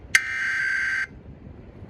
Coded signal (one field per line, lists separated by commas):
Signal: Emergency Alert System (SAME) tones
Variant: header bursts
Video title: WHY NEW JERSEY?! WHY?! | New Jersey Required Monthly Test on WDPN-TV (March 15, 2022) (EAS #386)